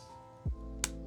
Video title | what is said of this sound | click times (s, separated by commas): Builidng a LEGO Game Boy! - @LaughingboyPlays | Snaps right in. | 0.8 s